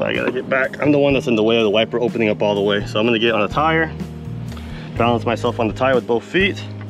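Someone talks over background music while working at the front end of a Freightliner semi truck during a half-glass windshield installation, getting positioned to balance on a tire so the wiper can open fully and the hood can be pushed down onto its latch. Nothing has seated or clicked yet; the hood latch is still open when the clip ends.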